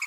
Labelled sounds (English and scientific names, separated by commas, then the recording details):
Green-rumped Parrotlet (Forpus passerinus) babbling
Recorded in a nest box in Venezuela
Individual 18B25A5